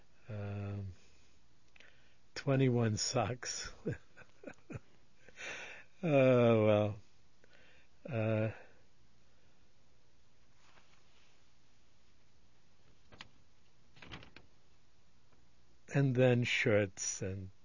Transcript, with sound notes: ah, twenty one socks. (chuckling) Ah well. And then shirts and ah,